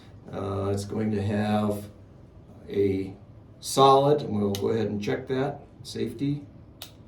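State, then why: Seated. Someone talks while handling a US Firearms Single Action Army .38 Special revolver with a 7 1/2-inch barrel. At 6.8 s the steel hammer is drawn back until it catches in the half-cock notch, giving one sharp click. The hammer is seated at half-cock.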